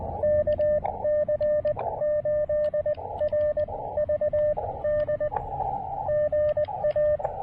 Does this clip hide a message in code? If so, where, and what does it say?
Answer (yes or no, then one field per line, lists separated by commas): yes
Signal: Morse code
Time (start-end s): 0.2-7.2 s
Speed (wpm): 20 wpm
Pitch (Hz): 600 Hz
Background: radio noise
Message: KC8RVD GA